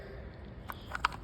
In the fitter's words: You push the red guillotine button and that locks it in.